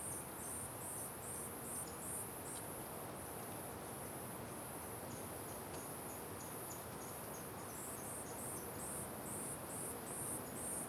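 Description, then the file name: Cricket chirps in quick high pulses with short gaps, accompanied by fainter lower chirps, against steady heavy wind noise. Ambience with strong wind and crickets at the Simão Correa waterfall. "Ambiencia com Vento Forte Passaros e Grilos na Cachoeira Simao Correa"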